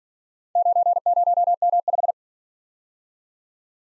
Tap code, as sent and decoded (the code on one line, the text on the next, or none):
none